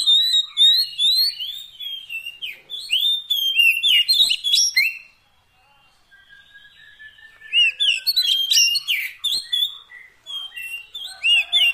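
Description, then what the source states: Oriental magpie-robin with loud, rapid whistled and chattering phrases, a short lull with a thin steady whistle, then another energetic burst. Fill-in (isian) training song meant to make a bird sing constantly (gacor) day and night.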